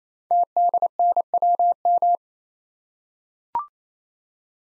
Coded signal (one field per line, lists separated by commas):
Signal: Morse code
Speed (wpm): 28 wpm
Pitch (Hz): 700 Hz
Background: none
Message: TDNWM